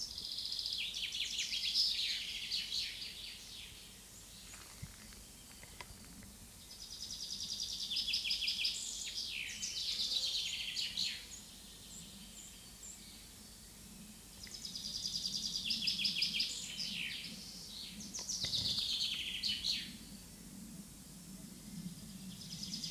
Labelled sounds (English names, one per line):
Common Chaffinch song